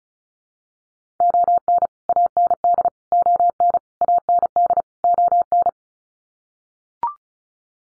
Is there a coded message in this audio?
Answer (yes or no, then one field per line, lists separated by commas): yes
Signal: Morse code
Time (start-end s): 1.2-5.7 s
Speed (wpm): 34 wpm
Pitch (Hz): 700 Hz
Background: none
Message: ON AND ON AND ON